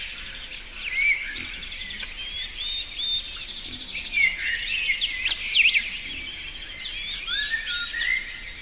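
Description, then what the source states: Birdsong from several birds in a forest, overlapping whistles, slurred notes and quick chirps, with a continuous high hiss behind them. Forest setting.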